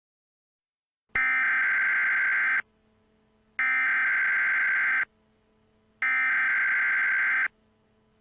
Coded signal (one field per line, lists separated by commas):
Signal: Emergency Alert System (SAME) tones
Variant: header bursts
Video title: EAS Scenario (#2) - ENTER SANDMAN